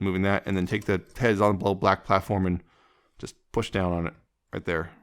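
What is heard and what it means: Someone talks while handling a plastic Bumblebee transforming toy robot, moving parts toward robot mode and pressing down on the head and black platform section to push it into the torso. Nothing has seated or clicked yet.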